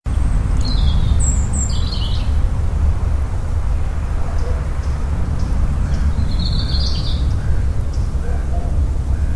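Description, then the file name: European robin sings two brief high, twittering phrases several seconds apart over a strong continuous low rumble. "Erithacus rubecula"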